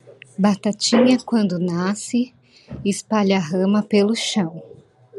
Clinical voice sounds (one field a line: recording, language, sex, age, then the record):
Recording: short text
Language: Brazilian Portuguese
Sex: female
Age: 30 to 39 years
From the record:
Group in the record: control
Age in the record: 35 years